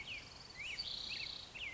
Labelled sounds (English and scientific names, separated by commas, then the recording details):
Black-headed Grosbeak (Pheucticus melanocephalus)
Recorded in Sonoma County, California